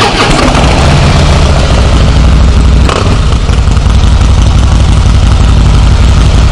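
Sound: motorcycle engine idling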